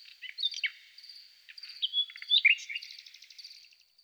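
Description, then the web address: Thrush nightingale song, a quieter run of varied whistles, sharp chirps and a fast rattling series, set against a constant high insect-like tone. "Jean C. Roché & Pierre Palengat: Rossignol philomène"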